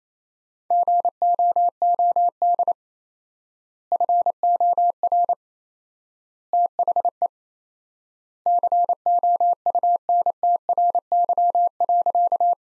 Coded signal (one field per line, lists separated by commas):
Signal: Morse code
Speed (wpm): 27 wpm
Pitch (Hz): 700 Hz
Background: none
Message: GOOD FOR THE COUNTRY.